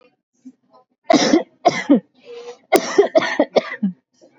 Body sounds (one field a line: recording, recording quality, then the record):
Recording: heavy voluntary cough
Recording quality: excellent, no background noise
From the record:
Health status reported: exposed to COVID-19, no respiratory illness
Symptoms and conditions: sore throat, muscle pain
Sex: female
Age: 25 years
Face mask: worn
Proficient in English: yes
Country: India